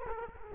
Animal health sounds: mosquito wingbeat signal from an infrared sensor; Culex quinquefasciatus

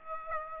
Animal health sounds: mosquito wingbeat signal from an infrared sensor; Aedes aegypti

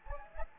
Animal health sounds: mosquito wingbeat signal from an infrared sensor; Anopheles gambiae

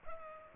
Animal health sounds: mosquito wingbeat signal from an infrared sensor; Culex pipiens

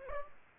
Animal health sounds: mosquito wingbeat signal from an infrared sensor; Aedes aegypti

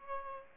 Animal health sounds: mosquito wingbeat signal from an infrared sensor; Aedes aegypti

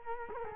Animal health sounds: mosquito wingbeat signal from an infrared sensor; Culex quinquefasciatus

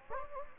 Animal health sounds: mosquito wingbeat signal from an infrared sensor; Anopheles gambiae

